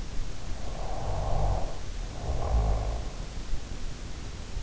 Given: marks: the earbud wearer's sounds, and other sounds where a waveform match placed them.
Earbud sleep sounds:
sounds in sleep by an in-ear microphone; snoring breath
0.32-3.00 s: snoring breath

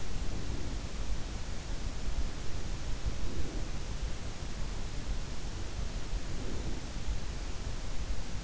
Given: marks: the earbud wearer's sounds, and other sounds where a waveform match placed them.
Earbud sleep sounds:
sounds in sleep by an in-ear microphone; breath
0.00-1.03 s: breath
3.07-4.14 s: breath
6.10-7.33 s: breath

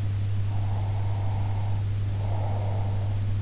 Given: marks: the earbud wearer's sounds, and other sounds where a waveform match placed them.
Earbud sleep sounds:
sounds in sleep by an in-ear microphone; breath
0.55-3.32 s: breath

